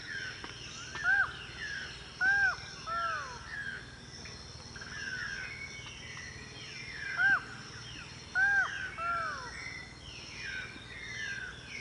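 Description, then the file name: Buckley's forest falcon giving bowed, nasal call notes in small clusters with gaps between them, over constant insect and bird background noise. "canto do falcao de buckley"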